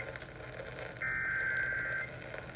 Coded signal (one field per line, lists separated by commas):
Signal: Emergency Alert System (SAME) tones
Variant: header bursts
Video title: A EHCHANCED RISK OF THE TORNADO EAS 100!!! EAS Alerts from 1/24/23 (EAS#81 & #115)